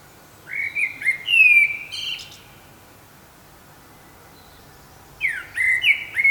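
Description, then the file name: Common blackbird whistling a mellow slurred phrase with a squeaky ending, then after a quiet pause a second warbled phrase starts. "Turdus merula"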